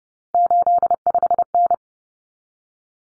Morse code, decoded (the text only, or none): 85N